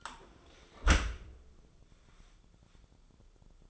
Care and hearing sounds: daily activity, microphone in the room; close dishwasher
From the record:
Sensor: 5

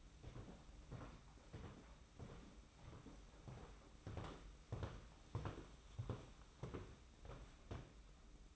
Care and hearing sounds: daily activity, microphone in the room; walk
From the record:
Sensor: 1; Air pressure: 991.6 hPa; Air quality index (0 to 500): 168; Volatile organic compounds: 1000 ppm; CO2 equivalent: 6299 ppm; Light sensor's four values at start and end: 31/102/40/41 and 29/101/39/40

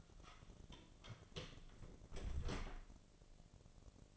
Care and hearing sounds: daily activity, microphone in the room; close door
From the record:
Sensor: 4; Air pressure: 1001.2 hPa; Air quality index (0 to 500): 184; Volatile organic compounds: 2 ppm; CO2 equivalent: 1312 ppm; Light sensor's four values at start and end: 14/32/13/13 and 16/37/15/15

